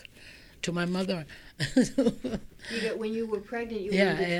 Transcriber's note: she laughs